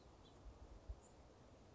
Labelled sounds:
House Finch (Haemorhous mexicanus)
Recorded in Sonoma County, California

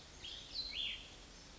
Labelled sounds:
Cassin's Vireo (Vireo cassinii)
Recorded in Sonoma County, California

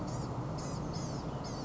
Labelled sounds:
Blue-gray Gnatcatcher (Polioptila caerulea)
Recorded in Sonoma County, California

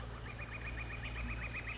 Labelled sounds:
Northern Flicker (Colaptes auratus)
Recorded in Sonoma County, California

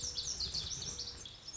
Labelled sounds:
Lazuli Bunting (Passerina amoena)
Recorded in Sonoma County, California

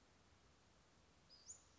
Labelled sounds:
Western Flycatcher (Empidonax difficilis)
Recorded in Sonoma County, California

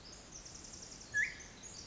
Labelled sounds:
Pacific Wren (Troglodytes pacificus)
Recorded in Sonoma County, California

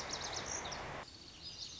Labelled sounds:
Lazuli Bunting (Passerina amoena)
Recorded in Sonoma County, California

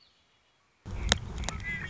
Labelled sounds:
Red-winged Blackbird (Agelaius phoeniceus)
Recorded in Sonoma County, California

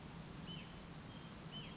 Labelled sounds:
Hutton's Vireo (Vireo huttoni)
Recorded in Sonoma County, California

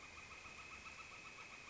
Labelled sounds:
Northern Flicker (Colaptes auratus)
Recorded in Sonoma County, California

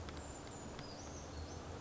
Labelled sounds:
Brown Creeper (Certhia americana)
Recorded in Sonoma County, California

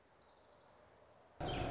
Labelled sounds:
Orange-crowned Warbler (Leiothlypis celata)
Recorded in Sonoma County, California

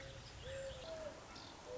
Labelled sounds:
Mourning Dove (Zenaida macroura)
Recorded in Sonoma County, California

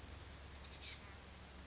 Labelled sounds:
Chestnut-backed Chickadee (Poecile rufescens)
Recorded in Sonoma County, California

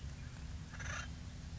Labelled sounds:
Acorn Woodpecker (Melanerpes formicivorus)
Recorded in Sonoma County, California

